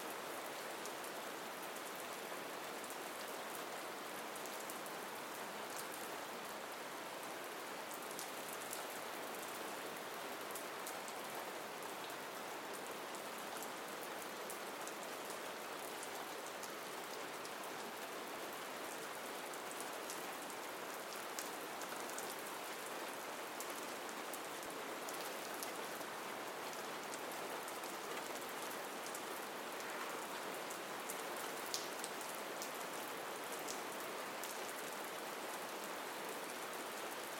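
Steady rain falls throughout, a dense, even hiss spread from mid to high pitches with little low rumble. Faint brighter drop ticks flicker across the top at irregular moments, and the level barely changes from start to finish.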